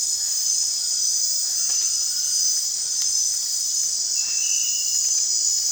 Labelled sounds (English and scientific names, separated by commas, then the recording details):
none
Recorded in dense forest near Puerto Asís, Putumayo, Colombia, on 27 June 2025 at 20:00
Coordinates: 0.468, -76.322
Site GP03